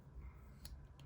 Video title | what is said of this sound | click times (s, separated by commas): How to disassemble and maintain the Dutch Blade Works Xerxes Pocketknife | we go okay yeah I had it exactly upside down I just felt it pop down into that little groove there so | 0.6 s